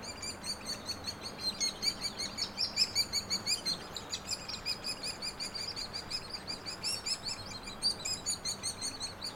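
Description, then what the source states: Hairy woodpecker chatter: loud run of high, harsh notes repeated rapidly, nearly three per second, swelling early on and again near the end. Nestlings and adults; no-name trail across from Frazer Point, Schoodic division, Acadia National Park; 26 June 2017, morning; Fostex FR2 with Sennheiser ME64; trimmed, leveled, high-pass filtered.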